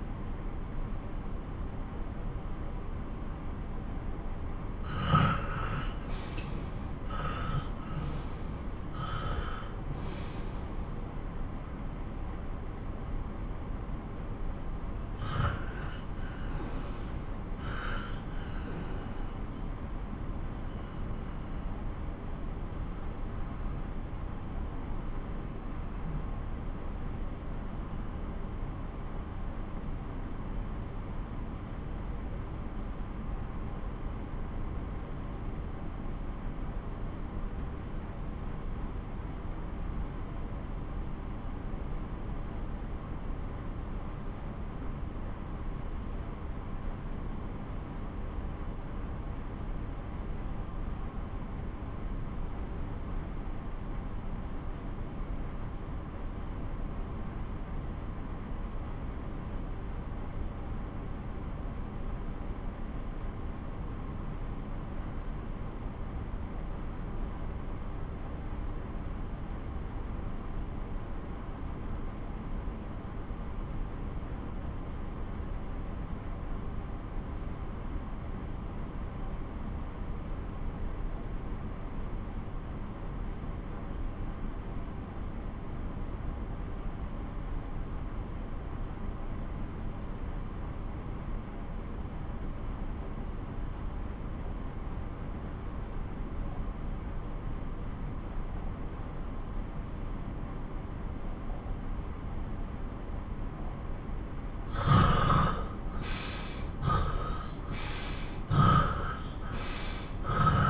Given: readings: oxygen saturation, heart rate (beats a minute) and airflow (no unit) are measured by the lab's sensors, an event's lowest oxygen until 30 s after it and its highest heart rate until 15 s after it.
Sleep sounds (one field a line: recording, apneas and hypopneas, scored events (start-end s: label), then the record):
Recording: breathing in sleep by a smartphone at the bedside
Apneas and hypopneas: 1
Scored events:
21.00-103.40 s: obstructive apnea (REM, oxygen 95% highest, then 62% lowest)
From the record:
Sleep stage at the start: REM sleep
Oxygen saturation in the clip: 73 to 95%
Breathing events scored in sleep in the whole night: 217 in 6.3 hours asleep